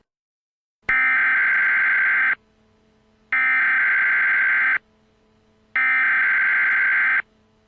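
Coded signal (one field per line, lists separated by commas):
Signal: Emergency Alert System (SAME) tones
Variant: header bursts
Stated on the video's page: Simulated EAS alert in a fictional alien invasion scenario.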